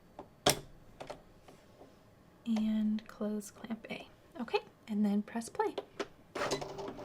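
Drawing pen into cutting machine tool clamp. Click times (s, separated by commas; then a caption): 0.5 s. A second-colour Cricut drawing pen is pushed into the tool clamp of a Cricut cutting machine and clicks into place at 0.5 s, seated, and then the clamp is closed. Someone talks throughout, and several short tonal sounds follow.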